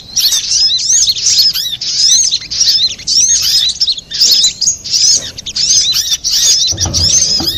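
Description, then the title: Little spiderhunter giving a steady series of high twittering phrases, each a cluster of sharp chirps and arched whistles, with a low thud near the end. Masteran, used for training cage birds. "Masteran Burung Sogok Ontong Labaik"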